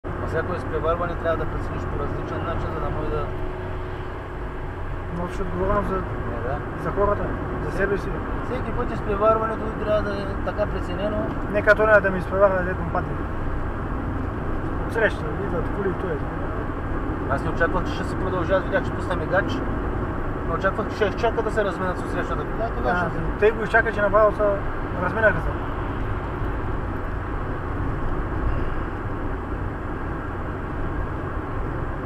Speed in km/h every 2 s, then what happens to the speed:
84, 85, 86, 86, 86, 84, 82, 82, 85, 85, 86, 87, 86, 84, 84, 84.
0-32 steady at about 85.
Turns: none.